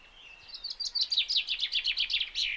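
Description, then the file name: Common chaffinch song: a quick run of sweet notes leading into a descending rattling trill, finished with a sharp terminal flourish. "Fringilla coelebs"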